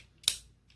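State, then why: Seated. A plastic peg tab on a transforming robot figure of Starscream is pushed into a small port. A single sharp, short click at 0.3 s, bright in the high frequencies, shows the tab seating, with faint soft ticks near the start and at 0.7 s.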